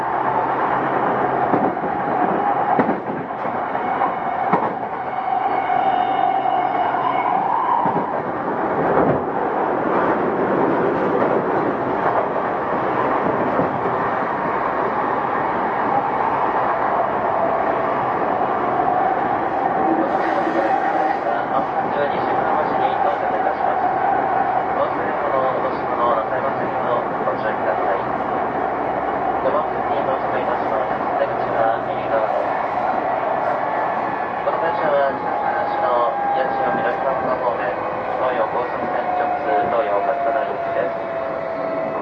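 A Tokyo Metro 05 series wide-door train runs between Nakano and Nishi-Funabashi, its steady, dense rumble holding throughout. A motor whine wavers underneath and glides downward near the end, with brief knocks around 9 and 20 seconds and faint voices mixed in.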